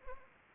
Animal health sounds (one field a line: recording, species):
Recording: mosquito wingbeat signal from an infrared sensor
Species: Anopheles arabiensis